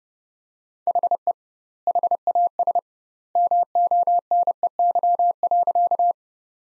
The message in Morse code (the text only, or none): HE HAS MONEY.